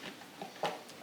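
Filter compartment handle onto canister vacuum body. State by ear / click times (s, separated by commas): not seated / none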